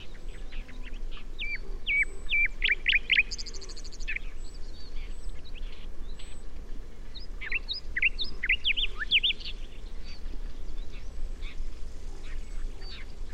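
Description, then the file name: Common nightingale sings a fast run of sharp repeated notes and a brief buzzy trill, pauses, then delivers another rapid chattering phrase over low rumbling noise. "Luscinia megarhynchos"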